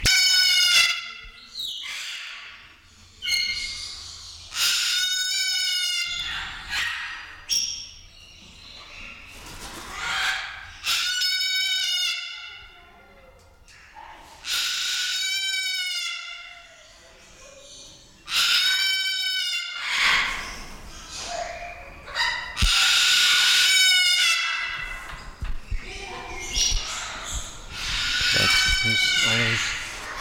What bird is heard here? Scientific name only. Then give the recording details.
Cacatua moluccensis. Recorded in captivity. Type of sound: call. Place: Zoo Berlin, Berlin, DE. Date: 1996-02-10 16:17. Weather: wolkig, -11°C. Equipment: Sony MD-WM MZ-R3, Sennheiser ME 80, Kopie Uher 4000 Report Monitor. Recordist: Tembrock, Günter. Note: Dehnungslaute, Entfernung 1 m